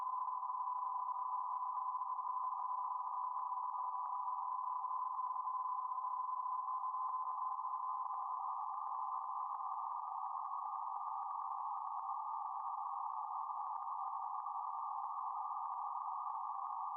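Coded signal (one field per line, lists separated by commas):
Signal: PSK31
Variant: BPSK31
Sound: steady warbling tone near 1 kHz with soft hiss around it throughout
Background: radio static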